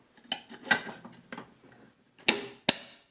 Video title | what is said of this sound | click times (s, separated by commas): Bosch Universal Plus Mixer Accessories Demo | you heard that snap so it's locked in and ready to use | 2.7 s